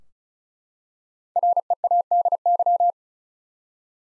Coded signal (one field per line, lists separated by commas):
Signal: Morse code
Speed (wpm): 36 wpm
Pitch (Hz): 700 Hz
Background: none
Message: READY